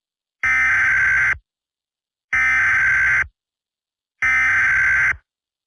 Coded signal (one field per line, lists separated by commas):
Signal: Emergency Alert System (SAME) tones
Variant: header bursts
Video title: The Dead Crowd 1&2: (EAS Scenarios)